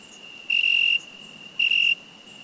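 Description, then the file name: Cricket chirping: two loud short bursts of a steady high ringing tone over a faint continuous tone at the same pitch. "Cricket insect"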